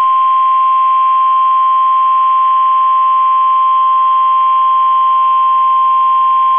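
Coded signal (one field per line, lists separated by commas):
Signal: Emergency Alert System (SAME) tones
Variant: 1050 Hz attention tone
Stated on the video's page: Multiple EAS test alerts.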